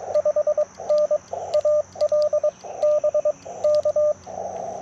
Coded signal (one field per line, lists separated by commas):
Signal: Morse code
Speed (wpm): 22 wpm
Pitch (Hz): 590 Hz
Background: radio noise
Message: 5N AL BK